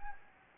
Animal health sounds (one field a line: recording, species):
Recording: mosquito wingbeat signal from an infrared sensor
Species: Anopheles gambiae